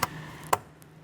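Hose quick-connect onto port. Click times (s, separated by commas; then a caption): 0.5 s. A plastic hose quick-connect on a 2015-2020 Cadillac Escalade is lined up and pushed onto a port on the back of the intake part during a camshaft position sensor replacement. A sharp click at 0.0 s is followed by the main snap at 0.5 s as the hose seats, then a faint tick near 0.8 s. The hose snaps into place and is wiggled to check that it is locked.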